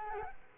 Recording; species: mosquito wingbeat signal from an infrared sensor; Culex quinquefasciatus